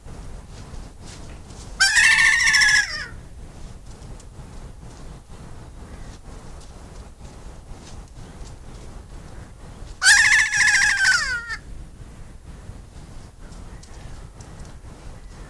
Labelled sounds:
Kea (Nestor notabilis) call

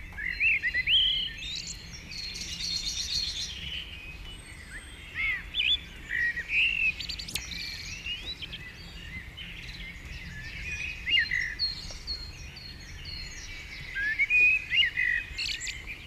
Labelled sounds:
Common Blackbird (Turdus merula) song

